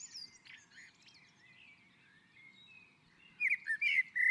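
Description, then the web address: Common blackbird song: soft, faint warbling at first, then a louder phrase of fluty rising and falling notes near the end. On a roof. "Naturinspelningar Koltrast på taket"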